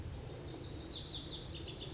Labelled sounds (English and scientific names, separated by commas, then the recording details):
Lazuli Bunting (Passerina amoena)
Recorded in Sonoma County, California